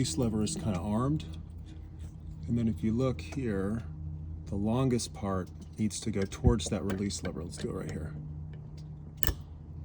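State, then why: Seated. Someone talks while a GoPro camera mount is lined up with its longest part toward the release lever and pushed home into an aircraft oxygen port. A single sharp click sounds at 9.2 s as the mount seats firmly in the port.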